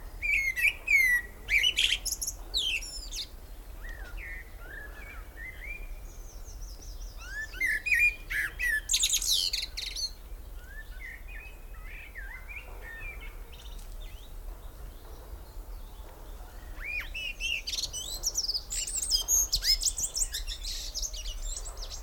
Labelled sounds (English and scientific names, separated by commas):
Common Blackbird (Turdus merula)